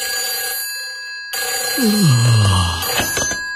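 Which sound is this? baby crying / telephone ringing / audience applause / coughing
telephone ringing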